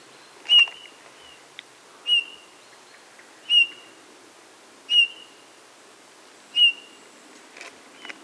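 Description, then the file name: Eurasian bullfinch calling with mellow, low piping whistles, five clear notes spaced roughly every one and a half seconds, plus a few faint clicks and a brief rustle near the end. "Pyrrhula pyrrhula"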